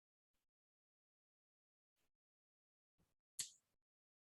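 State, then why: Seated. A metal jump ring is closed on itself with chain nose pliers, wiggled to work-harden the wire until its two ends meet. After faint handling ticks, the ends click closed with a sharp bright snap at 3.4 s, followed by another short tick at 4.3 s. The ring is seated shut.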